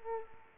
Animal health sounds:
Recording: mosquito wingbeat signal from an infrared sensor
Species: Aedes aegypti

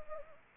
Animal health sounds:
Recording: mosquito wingbeat signal from an infrared sensor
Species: Anopheles arabiensis

